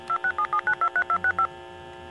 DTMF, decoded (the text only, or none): 2677923265